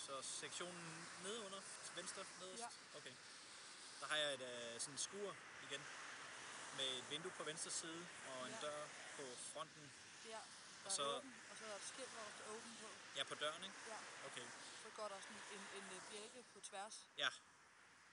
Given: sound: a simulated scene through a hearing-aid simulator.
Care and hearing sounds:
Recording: conversation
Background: traffic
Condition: +4 dB SNR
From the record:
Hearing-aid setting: standard clinical setting (NAL)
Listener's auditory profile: A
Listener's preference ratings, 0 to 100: 75, 82, 52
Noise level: 75 dB SPL

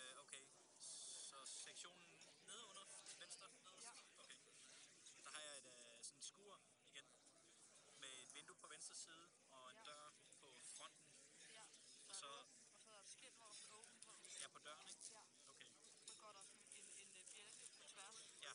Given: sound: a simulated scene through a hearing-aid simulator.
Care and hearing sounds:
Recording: conversation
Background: cafeteria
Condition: 0 dB SNR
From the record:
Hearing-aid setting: III (slow-acting compression, loudness normalization, advanced features for about 2.5 dB of SNR improvement)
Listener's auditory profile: A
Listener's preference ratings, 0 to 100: 93, 74, 47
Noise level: 65 dB SPL

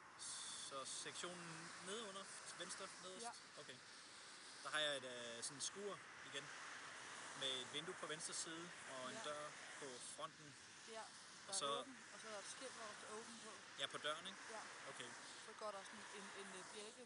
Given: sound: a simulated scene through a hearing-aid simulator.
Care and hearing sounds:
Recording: conversation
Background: traffic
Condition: +4 dB SNR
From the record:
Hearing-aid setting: standard clinical setting (NAL)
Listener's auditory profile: D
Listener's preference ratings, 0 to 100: 79, 85, 77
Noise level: 75 dB SPL

